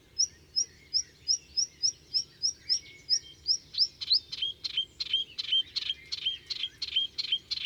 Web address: Juin LHypolais polyglotte. les 4 saisons des chants doiseaux